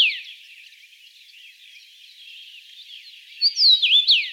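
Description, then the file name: Common rosefinch song: a soft background of faint high chirps, then a loud run of slurred, swooping whistles at the very end. "Chechevica obyknovennaya Carpodacus erythrinus"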